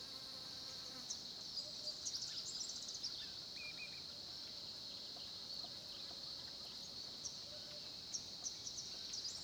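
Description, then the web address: Crickets chirping in a dense, steady high-pitched chorus that hums without pause, with a few faint bird chirps above it. Background ambience of crickets recorded at a small pond in the Olifants area of Kruger National Park, South Africa, at 10:30 am. "Tonschliff - SOUTH AFRICAN CRICKETS BG South Africa Kruger Olifants 1030 am small pond"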